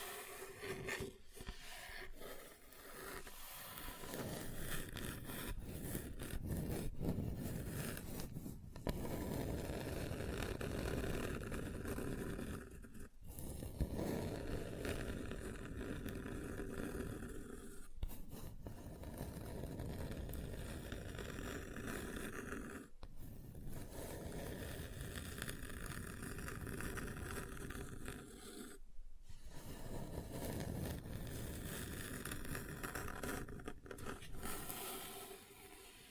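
Hands work on a tabletop, producing a dense, continuous rubbing and scraping with a strong low rumble and many small ticks mixed in. The sound stays steady and loud, broken by brief pauses around 13, 18, 23 and 29 seconds.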